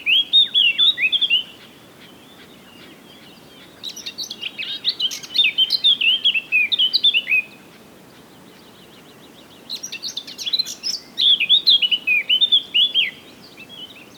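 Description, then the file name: Eurasian blackcap song: three warbling phrases of quick, varied chattering notes, separated by pauses. "Sylvia atricapilla"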